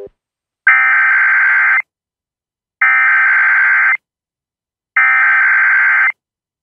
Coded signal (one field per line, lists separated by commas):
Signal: Emergency Alert System (SAME) tones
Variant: header bursts